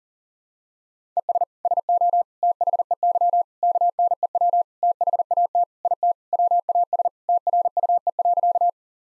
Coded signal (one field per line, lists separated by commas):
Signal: Morse code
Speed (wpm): 40 wpm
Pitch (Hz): 700 Hz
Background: none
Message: ES SO THEY KNEW THAT IT WAS TRUE.